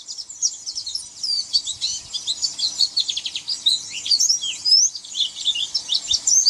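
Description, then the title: White-eye singing a dense, jumbled twitter of high chirps and trills that barely pauses throughout. "Pleci"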